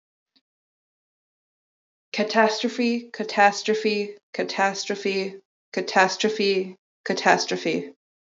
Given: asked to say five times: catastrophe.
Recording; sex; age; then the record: repeated word; female; 20 to 29 years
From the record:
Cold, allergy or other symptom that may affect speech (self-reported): no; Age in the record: 25 years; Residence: Michigan, United States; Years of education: 13